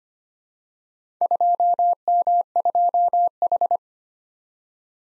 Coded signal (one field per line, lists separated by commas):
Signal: Morse code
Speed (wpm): 25 wpm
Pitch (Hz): 700 Hz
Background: none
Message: 2M2H